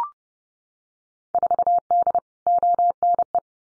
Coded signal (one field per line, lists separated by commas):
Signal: Morse code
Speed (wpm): 30 wpm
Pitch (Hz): 700 Hz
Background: none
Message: 4D ONE